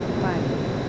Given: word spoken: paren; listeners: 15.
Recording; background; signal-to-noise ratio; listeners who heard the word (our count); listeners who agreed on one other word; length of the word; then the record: one Spanish word in noise, from a listening test; speech-shaped noise; -5.9 dB; 0 of 15; 7 of 15; 0.49 s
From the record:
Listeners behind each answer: 7, 2, 1, 1, 1, 1, 1, 1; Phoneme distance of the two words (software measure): 14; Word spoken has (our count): 2 syllables, 5 phonemes, stress on syllable 1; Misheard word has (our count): 1 syllable, 3 phonemes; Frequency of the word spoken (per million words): 0.95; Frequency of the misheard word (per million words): 77.24